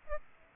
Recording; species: mosquito wingbeat signal from an infrared sensor; Aedes aegypti